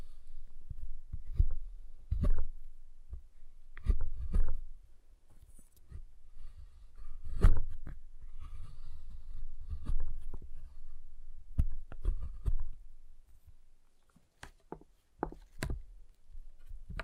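Tapping and snapping on a giant chocolate bar: sharp, bright cracks land every second or two, with strong ones near 2, 4, 7.5, 12 and 15.5 seconds. Softer taps and dull low thuds fill the spaces between, with a quieter stretch around 13–14 seconds.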